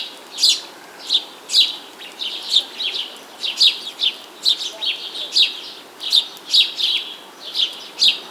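Bird giving quick, sharp, high chirps in an even stream, with soft background hiss.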